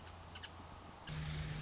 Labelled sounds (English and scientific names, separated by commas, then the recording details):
Nuttall's Woodpecker (Dryobates nuttallii)
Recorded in Sonoma County, California